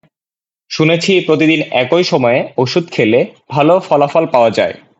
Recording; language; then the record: elicited speech; Bengali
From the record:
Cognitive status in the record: cognitively healthy